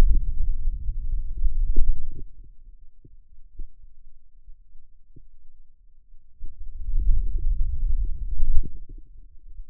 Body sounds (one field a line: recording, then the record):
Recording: forearm muscle sounds (acoustic myography)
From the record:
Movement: wrist extension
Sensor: system 2, bracelet of six BSWA MPA416 microphones around the upper forearm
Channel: 2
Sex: male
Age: 22 years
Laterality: right